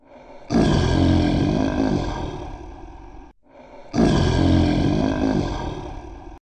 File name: Lion Roar